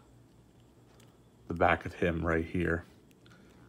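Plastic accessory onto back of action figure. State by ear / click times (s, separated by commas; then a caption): seated / 3.1 s, 3.3 s. A plastic accessory is pressed onto the back of a TMNT BSTAXN Raphael action figure while someone talks. Two short, sharp clicks follow at about 3.1 and 3.3 seconds as the piece snaps into place.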